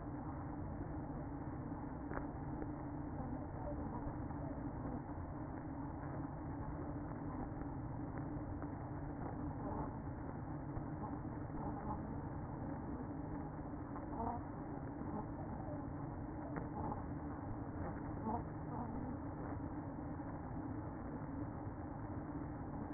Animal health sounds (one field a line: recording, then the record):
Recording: honeybee colony, microphone inside the hive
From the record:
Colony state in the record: queen present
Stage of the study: after two queens were removed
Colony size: about 60,000 bees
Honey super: yes